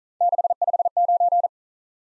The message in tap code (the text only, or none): none